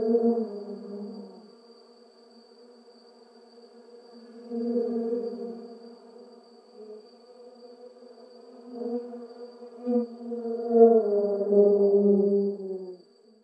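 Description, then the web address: Bee humming in a low steady drone, louder at the start, then quiet, then swelling in waves and growing loudest toward the end, with a faint high tone throughout. Recorded in a garden. "WSPDatabase Analysis DVD Garden Bee"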